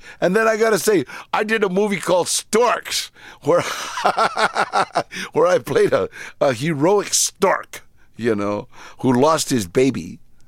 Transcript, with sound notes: And then I got to say, I did a movie called "Storks" where (laughter) - where I played a heroic stork, you know, who lost his baby.